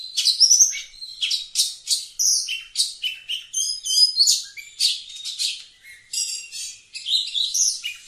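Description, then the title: Oriental magpie-robin song, loud choppy phrases mixing whistled notes, rasping buzzes and quick trills, delivered almost continuously with brief gaps. Singing actively, a style called gacor. "Kacer Gacor"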